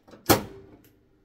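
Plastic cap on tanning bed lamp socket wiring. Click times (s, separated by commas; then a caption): 0.3 s. A plastic cap is slid onto the wired lamp socket connection of a tanning bed and snaps into place easily. A sharp, bright click is heard at 0.3 s, with a short ringing tail and a faint tick near 0.8 s. The cap is seated.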